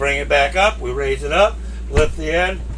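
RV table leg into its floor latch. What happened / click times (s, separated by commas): The table end is being lifted and lowered; the leg has not latched yet / none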